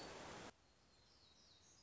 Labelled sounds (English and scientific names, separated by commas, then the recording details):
Black-throated Gray Warbler (Setophaga nigrescens)
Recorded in Sonoma County, California